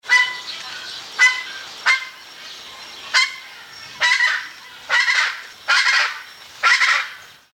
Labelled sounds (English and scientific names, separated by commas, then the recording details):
Southern Screamer (Chauna torquata)
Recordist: Tembrock, Günter
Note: Rufreihe